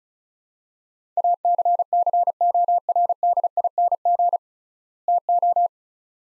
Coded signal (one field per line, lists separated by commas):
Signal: Morse code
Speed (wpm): 36 wpm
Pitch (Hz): 700 Hz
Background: none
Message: ACCORDING TO